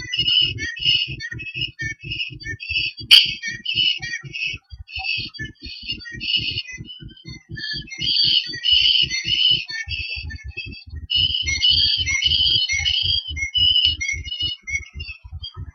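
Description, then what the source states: Bird song of bright chattering warbles and twittering phrases, nearly continuous, over a steady low rhythmic pulsing sound, with one sharp click early on. Blayney, 2013.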